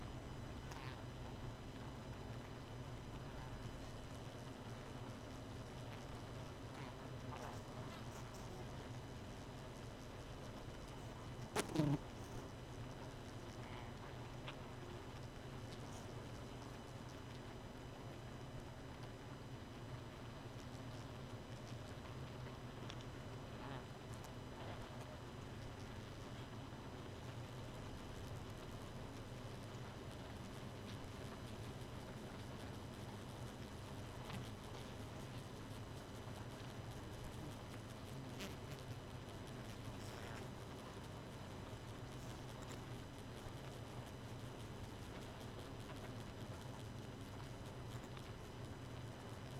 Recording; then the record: honeybee colony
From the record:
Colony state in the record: missing queen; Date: 31 May 2018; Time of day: 2:10